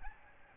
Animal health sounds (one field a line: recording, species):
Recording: mosquito wingbeat signal from an infrared sensor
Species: Aedes albopictus